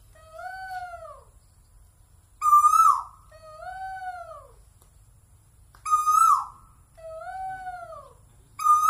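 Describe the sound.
Bird song: paired down-curving whistles answered by a loud rasping note, repeated roughly every three and a half seconds over quiet background.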